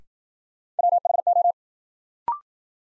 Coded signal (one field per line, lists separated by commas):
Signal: Morse code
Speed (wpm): 56 wpm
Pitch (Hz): 700 Hz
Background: none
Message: WHO